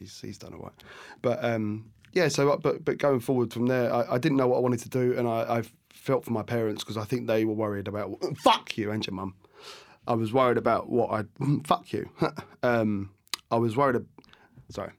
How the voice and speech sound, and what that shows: Tourette’s Syndrome – a condition that causes a person to make involuntary sounds and movements called tics. After first experiencing tics following a “minor” ski accident.